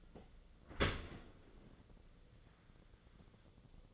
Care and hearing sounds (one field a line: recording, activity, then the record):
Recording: daily activity, microphone in the room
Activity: open dishwasher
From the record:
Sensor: 4